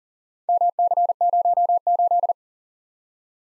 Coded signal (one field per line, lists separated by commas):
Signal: Morse code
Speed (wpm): 38 wpm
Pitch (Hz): 700 Hz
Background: none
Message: MC08